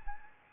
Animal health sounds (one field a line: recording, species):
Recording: mosquito wingbeat signal from an infrared sensor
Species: Anopheles gambiae